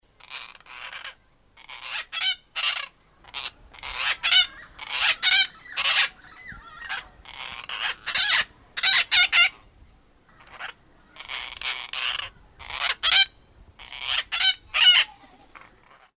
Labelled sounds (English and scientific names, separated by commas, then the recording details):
Lord Derby's Parakeet (Psittacula derbiana)
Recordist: Tembrock, Günter
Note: verschiedene Lautformen